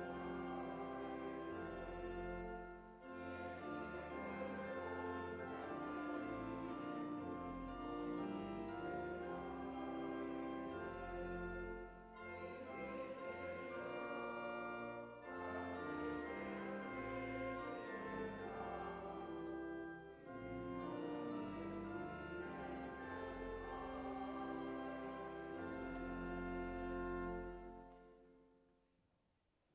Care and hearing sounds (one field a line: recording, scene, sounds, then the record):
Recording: everyday scene through a hearing-aid microphone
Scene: reverberant space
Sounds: music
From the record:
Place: church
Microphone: behind the ear, left, rear